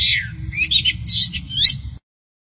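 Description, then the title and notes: Long-tailed Shrike song: a short sequence of wavering whistles and scratchy chirps that ends abruptly, over a low background rumble. Recorded March 2017. "Pentet 201703. Suara burung pentet"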